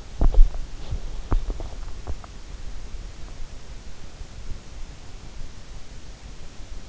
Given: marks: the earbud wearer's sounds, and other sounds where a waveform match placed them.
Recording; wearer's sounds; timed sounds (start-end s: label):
sounds in sleep by an in-ear microphone; teeth grinding
0.04-2.31 s: teeth grinding